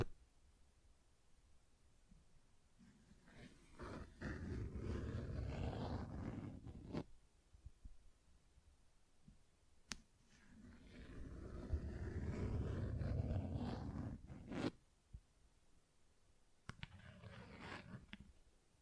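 Tapping and scratching textures: long rough scratching passages swell and fade, from about 3 to 7 seconds, 10 to 15 seconds, and again near the end, each with a deep rumbling body. Sharp single taps punctuate the quiet gaps between them.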